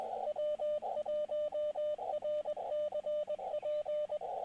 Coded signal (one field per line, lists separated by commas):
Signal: Morse code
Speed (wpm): 21 wpm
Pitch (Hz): 600 Hz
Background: radio noise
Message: W1RCP